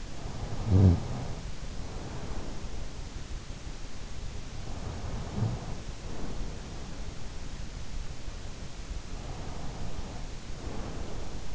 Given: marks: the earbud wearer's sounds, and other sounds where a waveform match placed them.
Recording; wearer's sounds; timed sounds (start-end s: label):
sounds in sleep by an in-ear microphone; snoring breath, breath
0.00-2.85 s: snoring breath
4.50-6.90 s: snoring breath
9.08-11.55 s: breath